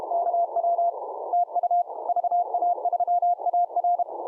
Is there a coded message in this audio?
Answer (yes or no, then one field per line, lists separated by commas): yes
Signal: Morse code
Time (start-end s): 0.1-4.0 s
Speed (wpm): 31 wpm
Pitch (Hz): 700 Hz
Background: none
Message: KW TU VA3AR